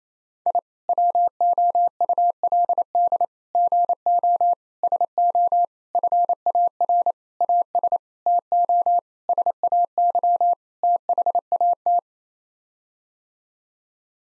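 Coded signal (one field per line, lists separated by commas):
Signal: Morse code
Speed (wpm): 28 wpm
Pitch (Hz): 700 Hz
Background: none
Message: I WOULD GO SO FAR AS TO SAY THAT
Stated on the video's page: Morse head-copy practice at 28 wpm sending common nine-word groups; each set is sent, spoken, then sent again.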